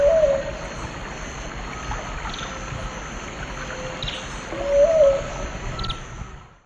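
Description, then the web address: Gray-fronted dove cooing: a soft, low hoot at the start and again near five seconds, over a steady insect drone. Eastern lowlands of South America. "Natures Songs S America Eastern Lowlands. Gray-fronted Dove"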